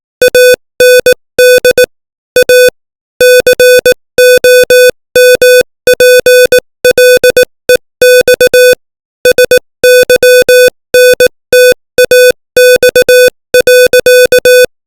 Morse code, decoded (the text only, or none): AND A COMPLEX SYNTAX.